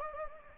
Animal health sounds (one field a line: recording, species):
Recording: mosquito wingbeat signal from an infrared sensor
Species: Anopheles gambiae